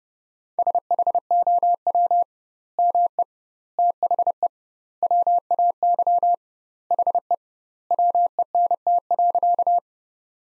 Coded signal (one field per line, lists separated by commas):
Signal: Morse code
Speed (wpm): 30 wpm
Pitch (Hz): 700 Hz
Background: none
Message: SHOW ME THE WAY HE WENT.